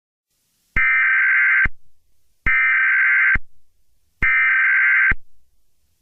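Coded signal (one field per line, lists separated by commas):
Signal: Emergency Alert System (SAME) tones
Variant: header bursts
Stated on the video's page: A fictional EAS scenario.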